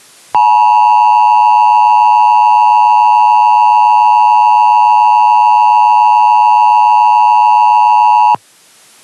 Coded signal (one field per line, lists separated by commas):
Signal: Emergency Alert System (SAME) tones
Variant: 853 and 960 Hz attention tone